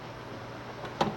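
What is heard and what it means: A plastic cap is twisted onto a fitting on an aquarium canister filter until it snaps into place. Over a low steady background, a faint tick comes at about 0.8 s, then a sharp snap at 1.0 s. The cap is seated.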